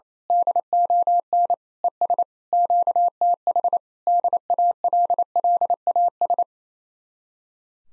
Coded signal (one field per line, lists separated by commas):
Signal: Morse code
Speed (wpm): 27 wpm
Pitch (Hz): 700 Hz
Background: none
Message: DON ES QTH DALLAS